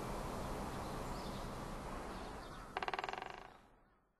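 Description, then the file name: Great spotted woodpecker drumming: a single brief roll of rapid knocks near the end, following a stretch of low rumbling background noise that then fades away. Recorded in Sapporo on 23 March 2011. "akagera sapporo namba"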